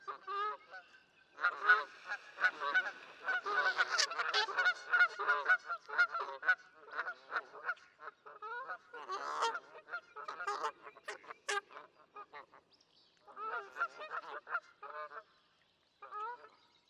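Canada goose: canada geese honking in a busy, overlapping series of nasal calls, dense at first, then in looser bursts with short pauses.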